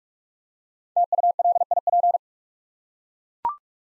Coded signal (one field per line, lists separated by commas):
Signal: Morse code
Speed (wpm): 44 wpm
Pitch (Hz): 700 Hz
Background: none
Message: TULIP